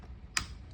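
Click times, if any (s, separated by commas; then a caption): 0.4 s. A replacement plastic primer bulb is pressed by hand into its housing on the carburetor of an Echo CS-370 chainsaw. A single sharp, bright snap rings out at 0.4 s over a quiet, low background hum. The snap means the bulb has seated in its housing.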